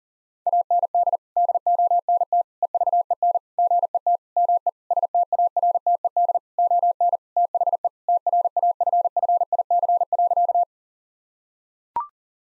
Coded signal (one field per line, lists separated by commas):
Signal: Morse code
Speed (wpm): 40 wpm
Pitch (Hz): 700 Hz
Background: none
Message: AND DONT EVEN GET ME STARTED ON THE TRAFFIC.